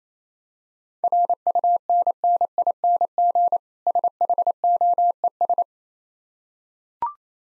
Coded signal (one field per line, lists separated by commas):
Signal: Morse code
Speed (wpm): 28 wpm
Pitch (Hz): 700 Hz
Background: none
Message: RUNNING SHOES